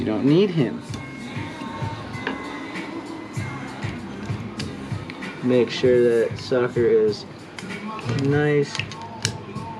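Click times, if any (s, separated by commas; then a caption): 9.2 s. With music playing and someone talking, a metal retaining clip is pushed down into its groove in the outer fork tube of an FZ/MT07 motorcycle after the new fork seal has been driven in. A few brief sharp taps come at about 2.3, 4.6 and 5.1 s, then a loud, crisp click at 9.3 s as the clip snaps into the groove and seats.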